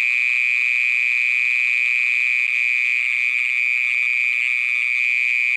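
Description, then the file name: Mole cricket song: a steady, continuous buzzing trill held at one pitch without a break, with no other sounds. "Gryllotalpa sp"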